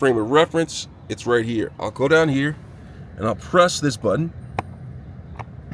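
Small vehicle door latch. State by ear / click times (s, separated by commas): released / 4.6 s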